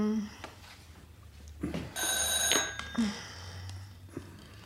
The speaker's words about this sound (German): Was ist das? Das Telefon